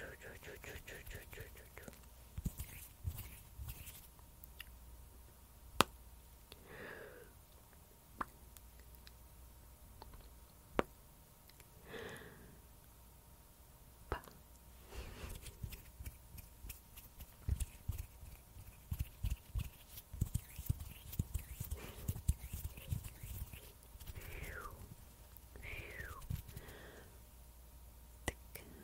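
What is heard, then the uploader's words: Quiet mouth sounds and hand movements: wet clicks, soft pops and smacks scattered irregularly over a low hum, with occasional sharp taps. MOUTH SOUNDS, HAND MOVEMENTS, AND PLUCKING.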